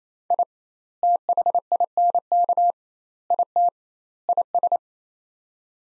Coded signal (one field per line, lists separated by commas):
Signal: Morse code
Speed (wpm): 28 wpm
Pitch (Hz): 700 Hz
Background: none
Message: I THINK IT IS